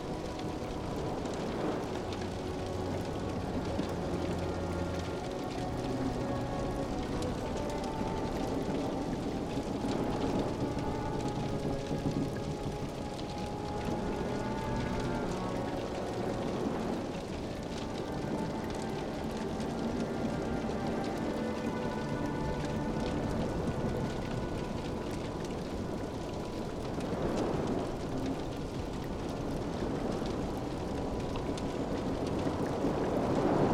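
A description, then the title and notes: Outside the ship, the ocean surges in a steady, dense rush of water, with heavier swells rising around 2, 10, 17 and 27 seconds. Soft, sustained string notes hold and shift underneath, and a low tone drifts in and out. Pirate Ship and the Terrible Sea, the Comfort of Strings. Outside the walls of the ship, the ocean surges relentlessly.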